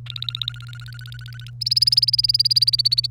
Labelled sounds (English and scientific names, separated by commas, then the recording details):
Domestic Canary (Serinus canaria) song
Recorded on 1 May 2018 at 08:36
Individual llb3